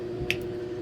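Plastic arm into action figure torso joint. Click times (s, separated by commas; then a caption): 0.3 s. The second plastic arm of an action figure, which had just come out, is pushed back into the figure's shoulder socket. A single sharp snap sounds at 0.3 s over a steady low hum. The arm is seated and snaps right in.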